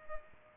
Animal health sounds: mosquito wingbeat signal from an infrared sensor; Culex pipiens

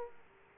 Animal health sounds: mosquito wingbeat signal from an infrared sensor; Aedes aegypti

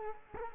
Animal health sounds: mosquito wingbeat signal from an infrared sensor; Culex quinquefasciatus

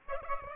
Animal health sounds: mosquito wingbeat signal from an infrared sensor; Aedes aegypti

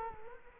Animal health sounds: mosquito wingbeat signal from an infrared sensor; Culex quinquefasciatus

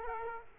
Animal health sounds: mosquito wingbeat signal from an infrared sensor; Culex quinquefasciatus

